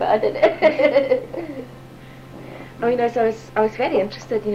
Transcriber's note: laughs